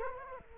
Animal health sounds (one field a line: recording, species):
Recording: mosquito wingbeat signal from an infrared sensor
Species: Culex quinquefasciatus